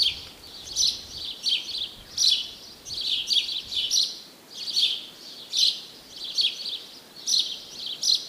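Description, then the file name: House sparrow chirps, short bright notes repeated in uneven bursts, steady and insistent throughout. "Passer domesticus"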